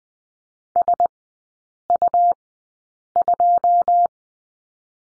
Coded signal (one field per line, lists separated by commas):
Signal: Morse code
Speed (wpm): 20 wpm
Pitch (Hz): 700 Hz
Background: none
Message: SU2